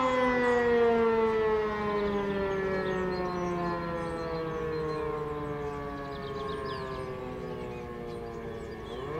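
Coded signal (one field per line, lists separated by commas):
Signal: siren signal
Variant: E57 motor siren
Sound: a loud mechanical siren howl, rich in overtones, slowly winding down in pitch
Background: outdoor ambience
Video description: Monatliche Sirenenprobe in Hennef-Heisterschoß am 4. Samstag im Monat um 11.30 Uhr mit dem Signal "Feueralarm".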